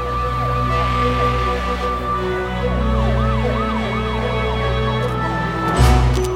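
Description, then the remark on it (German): Sirens of police cars and an ambulance standing outside a sports hall wail together in quick, repeating rise-and-fall sweeps over a loud, steady low engine rumble, with a brief thud near the end and no voices. “Sofort fielen ihm die Polizeiwagen und der Krankenwagen auf, die vor der Halle standen.”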